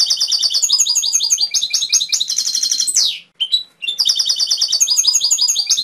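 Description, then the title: Canary song with fast repeated trills and rolling phrases, a downward sweep, a short break with a single note, then more rapid trilling. Canary training (masteran) song with full fill-in (isian) phrases. "mster Mnuk. Masteran Kenari Full Isian"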